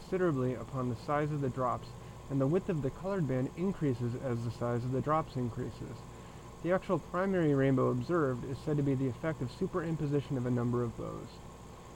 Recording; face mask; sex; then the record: reading aloud; surgical mask; male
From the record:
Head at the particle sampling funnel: turned sideways, cheek in front of it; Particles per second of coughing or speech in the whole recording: 1.54